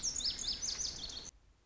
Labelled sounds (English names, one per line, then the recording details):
Lazuli Bunting
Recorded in Sonoma County, California